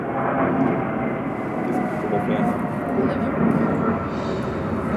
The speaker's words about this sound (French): Un avion. Un avion, ouais, un avion, c'est assez dur, c'est presque du bruit.